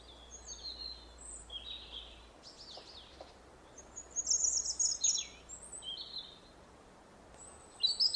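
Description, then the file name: European robin singing faint, scattered high thin phrases with a louder glittering trill near the middle, over steady background hiss and a low hum early on. "Erithacus rubecula"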